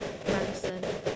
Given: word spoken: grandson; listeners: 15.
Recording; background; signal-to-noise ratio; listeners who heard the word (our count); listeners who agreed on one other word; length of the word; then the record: one English word in noise, from a listening test; noise modulated by three-talker babble; -6.7 dB; 1 of 15; 7 of 15; 0.76 s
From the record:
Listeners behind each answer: 7, 3, 1, 1, 1, 1, 1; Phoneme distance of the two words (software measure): 27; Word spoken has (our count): 2 syllables, 7 phonemes, stress on syllable 1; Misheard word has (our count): 2 syllables, 6 phonemes, stress on syllable 1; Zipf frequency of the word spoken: 3.88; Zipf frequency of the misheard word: 3.48